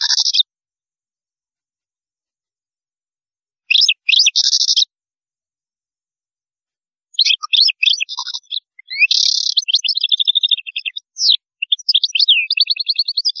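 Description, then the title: European goldfinch singing twittering phrases that grow into a long run of rapid chirps and a buzzy trill toward the end. "Chant Chardonneret"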